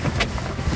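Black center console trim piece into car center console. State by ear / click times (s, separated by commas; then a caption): not seated / none. A black plastic center console trim piece is handled by hand at the center console of a Chevy SS, with a steady low rumble and a brief hiss around 0.2 s. Nothing has seated or clicked yet; the clip ends just before the piece snaps into place.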